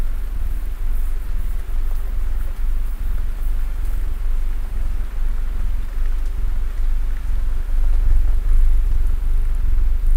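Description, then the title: Domestic cat purring, a deep steady rumble that gets louder near the end. Cat snuggling while purring. "Cat Snuggles REAL PURRING"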